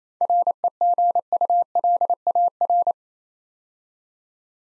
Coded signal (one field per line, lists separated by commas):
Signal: Morse code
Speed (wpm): 29 wpm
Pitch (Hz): 700 Hz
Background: none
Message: REGULAR